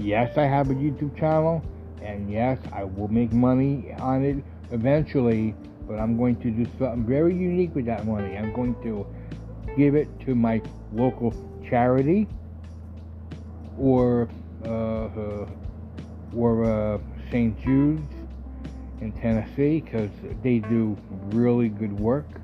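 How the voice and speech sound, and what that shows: An adult man who has stuttered all his life, ever since birth, and who was born by high forceps delivery, speaks mostly fluently. He then stalls for several seconds on drawn-out filler vowels and long silent gaps before a name, with a stretched sound inside it. These blocks and prolongations fit stuttering that affects some words and is sometimes uncontrollable.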